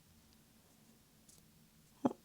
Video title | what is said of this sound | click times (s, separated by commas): Apple Watch SE Unboxing and Setup (40mm Space Gray Aluminum) | Oh, I guess it wasn't too audible. Oh, there it was. | 2.1 s